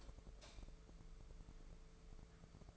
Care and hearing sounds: daily activity, microphone in the room; light off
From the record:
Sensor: 5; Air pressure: 1014.8 hPa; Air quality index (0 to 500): 171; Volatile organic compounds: 6 ppm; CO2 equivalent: 1883 ppm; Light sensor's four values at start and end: 123/293/126/139 and 121/288/124/136

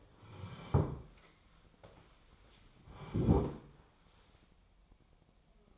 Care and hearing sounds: daily activity, microphone in the room; sit down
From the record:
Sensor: 1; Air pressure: 1015.3 hPa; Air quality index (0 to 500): 184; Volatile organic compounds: 17 ppm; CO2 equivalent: 2582 ppm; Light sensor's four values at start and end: 12/29/12/13 and 13/30/12/14

